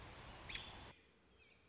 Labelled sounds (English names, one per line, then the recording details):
American Robin
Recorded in Sonoma County, California